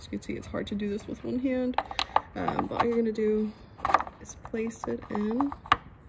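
Someone talks while handling the plastic brake light bulb socket with its new bulb on a 2016 Kia Soul, bringing it toward the hole in the rear tail light housing with one hand amid light plastic handling noises. Nothing has seated or clicked yet; the socket is not yet home in the housing.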